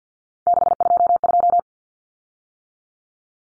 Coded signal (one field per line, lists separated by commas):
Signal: Morse code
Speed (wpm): 50 wpm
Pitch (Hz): 700 Hz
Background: none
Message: 622